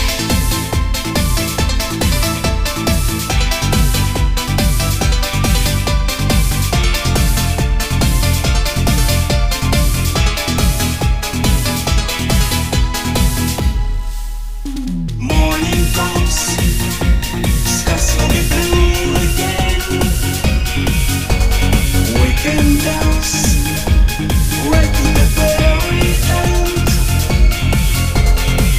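Loud, dense dance music plays at a wedding party in Danang, Vietnam, driven by a steady, regular beat with a heavy low end. Around fourteen seconds the track briefly thins into a short low-pitched break, then the full beat returns and continues.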